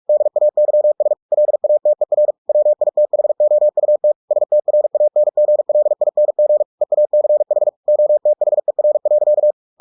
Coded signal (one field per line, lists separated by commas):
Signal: Morse code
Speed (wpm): 46 wpm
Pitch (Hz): 600 Hz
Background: none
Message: DAYS LATER WITHOUT STRANGLING EACH OTHER.